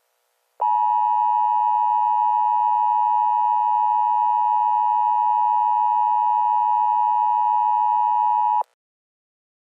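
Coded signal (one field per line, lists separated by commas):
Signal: Emergency Alert System (SAME) tones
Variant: 853 and 960 Hz attention tone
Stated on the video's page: Simulated EAS scenario tones for a fictional Georgia weather disaster.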